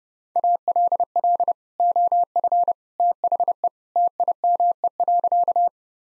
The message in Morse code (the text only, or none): ALL OF THE TIME.